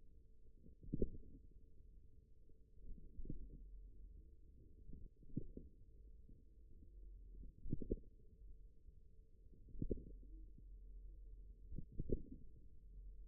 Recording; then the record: forearm muscle sounds (acoustic myography)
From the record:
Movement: radial deviation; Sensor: system 1, eight BSWA MPA416 microphones around the upper forearm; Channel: 3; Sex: male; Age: 41 years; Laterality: right